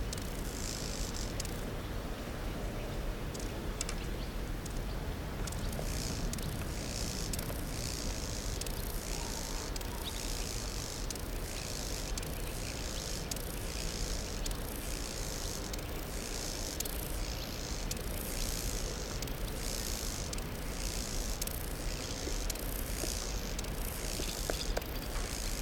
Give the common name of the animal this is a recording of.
Lesser Marsh Grasshopper